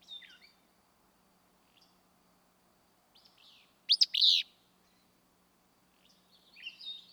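Willow flycatcher song: a single sneezy, burry two-part phrase, sharp clicks then a buzzy slur, with faint high chips and whistles of other birds before and after.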